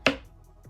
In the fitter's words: then you'll pass the second one and hear another click